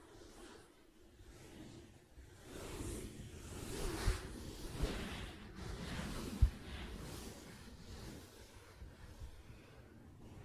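Soft scratching and brushing on a fabric surface, with rustling swells between two and eight seconds and a few sharp taps near four and six seconds.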